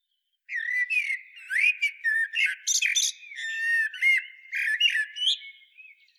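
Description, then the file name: Common blackbird singing a sustained stretch of fluty whistles mixed with squeaky, rapid high notes. "Turdus merula"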